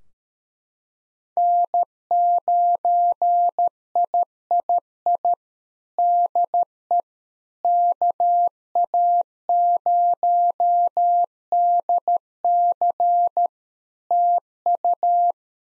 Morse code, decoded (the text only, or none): N9III DE KA0DC TU